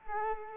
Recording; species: mosquito wingbeat signal from an infrared sensor; Culex quinquefasciatus